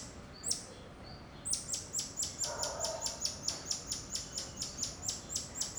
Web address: Monte Sound - Atmospheres of Rio de Janeiro AMB External Rio Subburb Birds Dogs Monkeys